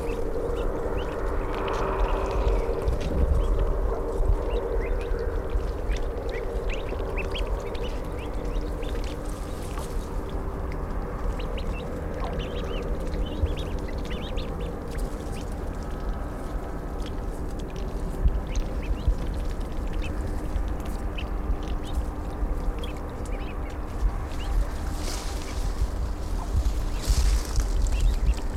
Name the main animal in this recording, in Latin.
Anas platyrhynchos